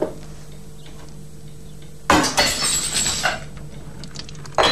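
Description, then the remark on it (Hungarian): A teacup shatters with a sudden bright crash, spilling tea onto the table and floor, followed by about a second of tinkling, scattering shards and splashing liquid, then a quiet lull and one more short clatter at the end. “Most a csésze már nem csésze. De vajon a tea? Most is tea. Pontosan. A csészében, az asztalon, meg a padlón is az.”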